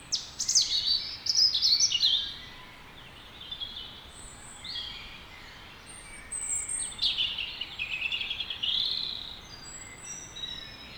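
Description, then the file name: European robin song: high, thin warbled phrases with sliding notes, two bursts separated by a few seconds of quieter, scattered high notes. "Erithacus rubecula"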